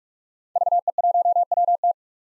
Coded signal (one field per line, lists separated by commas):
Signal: Morse code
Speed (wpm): 46 wpm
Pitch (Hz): 700 Hz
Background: none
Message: VE1WT